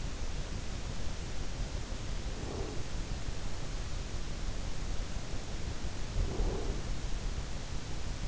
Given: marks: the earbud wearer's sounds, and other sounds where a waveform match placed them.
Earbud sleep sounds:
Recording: sounds in sleep by an in-ear microphone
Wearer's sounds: breath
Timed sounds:
2.20-3.11 s: breath
6.05-7.15 s: breath

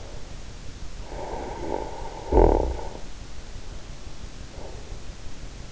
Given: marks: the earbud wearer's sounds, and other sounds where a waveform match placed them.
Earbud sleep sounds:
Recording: sounds in sleep by an in-ear microphone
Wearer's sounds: snoring breath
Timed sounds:
0.95-3.22 s: snoring breath

